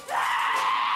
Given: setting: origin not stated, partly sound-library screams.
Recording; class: one-second piece from a danger detection set; woman in danger